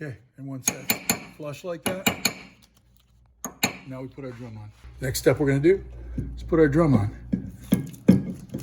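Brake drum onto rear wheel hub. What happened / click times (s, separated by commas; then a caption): Metal part handled, not yet seated / none. A rear brake drum is being handled by hand next to a new wheel bearing hub on a Honda Accord, about to be slid on gently, while someone talks. Short metallic knocks and clinks come through between the speech. The clip ends before the drum goes on, and nothing has seated or clicked yet.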